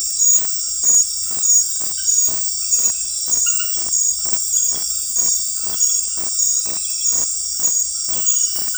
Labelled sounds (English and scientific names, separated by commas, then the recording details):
none
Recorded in dense forest near Puerto Asís, Putumayo, Colombia, on 21 February 2024 at 00:00
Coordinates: 0.484, -76.317
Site G6464